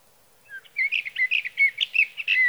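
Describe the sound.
Sage thrasher singing a quick, dense run of slurred warbling notes, building after a soft opening note and ending on a drawn-out whistle.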